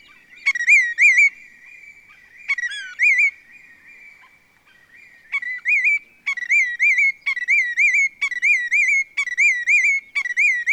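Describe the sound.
Willet giving ringing, rising whistled phrases, first scattered, then settling into a steady run of about one phrase a second.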